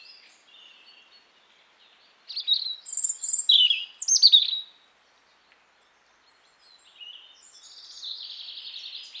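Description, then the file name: European robin song in separate phrases: a brief high thin note, a pause, then a loud jumble of sliding whistles, silence, and a soft trilling phrase at the end. "Erithacus rubecula"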